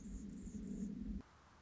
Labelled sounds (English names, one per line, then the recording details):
Anna's Hummingbird
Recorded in Sonoma County, California